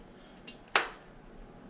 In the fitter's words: makes that click sound